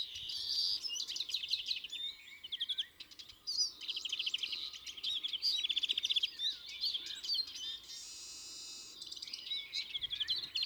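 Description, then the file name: Greenfinch chattering in rapid trilled phrases and chirps, steady high twittering with a short hissing burst near the end. "Chloris chloris"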